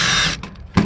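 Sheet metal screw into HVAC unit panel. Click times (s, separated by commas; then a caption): 0.4 s, 0.6 s, 0.8 s. A sheet metal screw is driven into a worn, stripped hole in an HVAC unit's sheet metal cabinet while its panel is being refitted. A steady broadband whir from the driver gives way to ratcheting clicks at about 0.4, 0.6 and 0.8 seconds as the screw slips and spins. The screw no longer bites into anything and stays loose.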